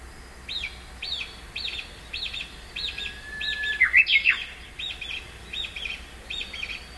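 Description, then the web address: Japanese bush warbler song: a long, steady whistle followed by a quick, warbling flourish, amid repeated short high chirps. "nishikawa uguisu"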